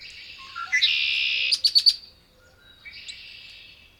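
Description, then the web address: Red-winged blackbird song: short slurred notes leading into a long harsh buzzy trill with clipped clicks at its end, then a softer second buzz. North America. "Songs of Birds of North America Know Your Bird Sounds Common Western Species 46-Red-winged Blackbird"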